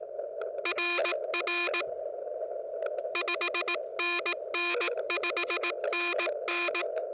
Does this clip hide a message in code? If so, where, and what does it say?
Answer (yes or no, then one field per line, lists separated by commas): yes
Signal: Morse code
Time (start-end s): 0.7-6.8 s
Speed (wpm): 18 wpm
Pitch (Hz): 2450 Hz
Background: none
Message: RR 5NN 5NN